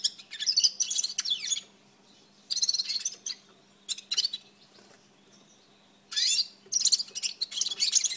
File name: redfront serin